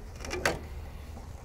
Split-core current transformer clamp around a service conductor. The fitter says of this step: the ct around the surface entrance conductors and then close it until you hear it click and